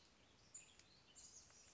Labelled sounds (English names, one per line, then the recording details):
Western Tanager
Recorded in Sonoma County, California